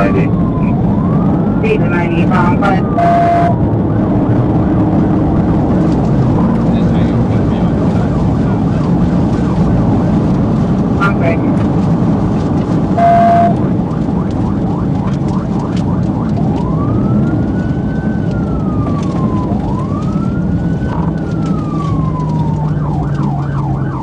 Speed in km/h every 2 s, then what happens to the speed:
134, 137, 147, 148, 137, 132, 130, 121, 121, 116, 103, 87.
0-6 speeds up to 148. 6-24 brakes to 87.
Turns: none.